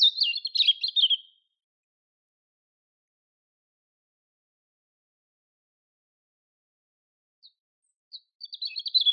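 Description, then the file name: European robin singing a brief high, jangling warble, then a long silence before another short thin twittering phrase begins at the end. "Erithacus rubecula"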